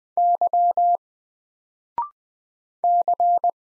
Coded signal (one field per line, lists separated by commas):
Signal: Morse code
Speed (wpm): 20 wpm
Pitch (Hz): 700 Hz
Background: none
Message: Y C